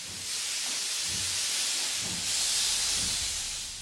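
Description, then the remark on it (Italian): A steam train pulls in at Auschwitz-Birkenau, a loud, steady hiss of steam over slow, low chugging pulses roughly once a second, with no voices. “Soprattutto dopo l'arrivo di un treno ad Auschwitz-Birkenau.”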